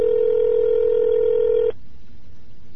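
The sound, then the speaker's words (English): A single steady telephone keypad tone as someone dials a phone number, loud and unbroken, holds for under two seconds and then cuts off abruptly, leaving only faint hiss. No one speaks. “I don't know if I'm dialing the right friggin' number.”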